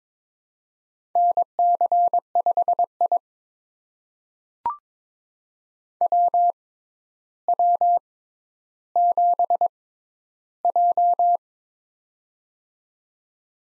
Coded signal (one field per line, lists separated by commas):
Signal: Morse code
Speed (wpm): 23 wpm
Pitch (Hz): 700 Hz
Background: none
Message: NC5I WW7J